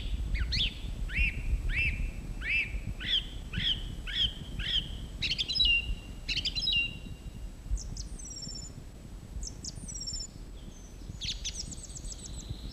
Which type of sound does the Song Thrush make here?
song